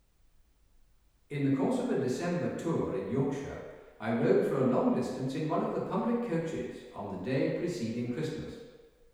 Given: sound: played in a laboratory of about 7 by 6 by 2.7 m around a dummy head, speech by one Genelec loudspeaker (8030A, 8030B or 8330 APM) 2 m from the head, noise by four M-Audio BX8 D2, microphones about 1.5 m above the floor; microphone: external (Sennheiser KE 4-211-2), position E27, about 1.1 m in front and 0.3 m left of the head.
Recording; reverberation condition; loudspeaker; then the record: male speech in English; high; 120 degrees to the left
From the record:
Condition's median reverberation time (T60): about 1300 ms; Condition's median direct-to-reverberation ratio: about -4.0 dB